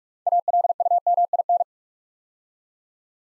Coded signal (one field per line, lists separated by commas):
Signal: Morse code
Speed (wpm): 44 wpm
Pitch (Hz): 700 Hz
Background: none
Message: ALUMIN